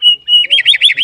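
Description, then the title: Oriental magpie-robin song, a clear sustained whistle followed by a rapid series of rising and falling warbled notes. "kacer"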